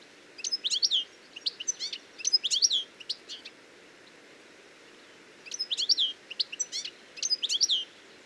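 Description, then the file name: European goldfinch twittering: bursts of high, tinkling chirps given in short clusters with brief pauses between them. "Carduelis carduelis"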